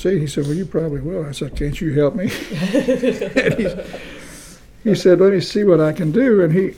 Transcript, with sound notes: He said, “well you probably will.” I said, “Can’t you help me?” [laughter] And he s…he said, “let me see what I can do,” and he,